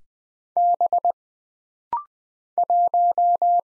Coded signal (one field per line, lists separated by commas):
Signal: Morse code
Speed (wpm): 20 wpm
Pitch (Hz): 700 Hz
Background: none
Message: B 1